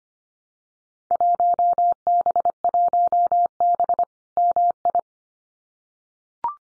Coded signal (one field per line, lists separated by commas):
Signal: Morse code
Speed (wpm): 25 wpm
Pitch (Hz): 700 Hz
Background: none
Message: 1B1B MI